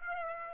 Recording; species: mosquito wingbeat signal from an infrared sensor; Aedes aegypti